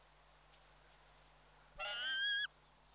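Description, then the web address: Peregrine falcon giving a single grating call lasting under a second against a faint hiss. "BBC Sound Effects Library. Peregrine Falcon"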